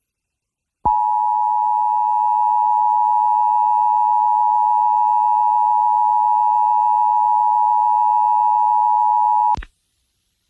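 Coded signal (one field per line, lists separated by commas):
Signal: Emergency Alert System (SAME) tones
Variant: 853 and 960 Hz attention tone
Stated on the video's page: Connecticut Required Monthly Test on an FM broadcast station at 94.7 MHz, 50 kW, received by SDR 5.2 miles from the transmitter, with SPARC and HDR-14 encoders activating.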